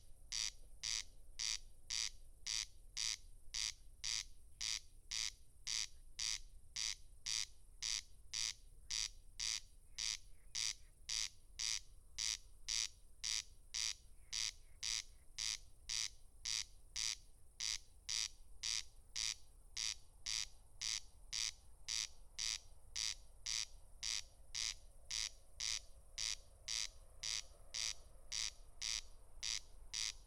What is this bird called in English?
Corn Crake